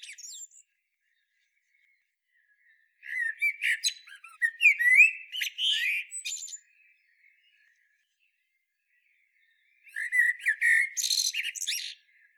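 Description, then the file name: Common blackbird song: a long phrase of varied warbles and high squeaks, a quiet gap of several seconds, then another similar phrase. "Turdus merula"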